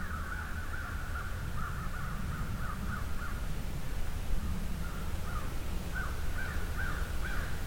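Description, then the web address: Crows calling: short, harsh caws repeated in quick bursts throughout, above a steady low rumble. A murder (flock) of crows. "Field Recordings Murder Of Crows"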